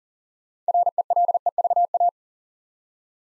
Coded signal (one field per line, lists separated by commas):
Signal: Morse code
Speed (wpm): 41 wpm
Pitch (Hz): 700 Hz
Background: none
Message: RELEVA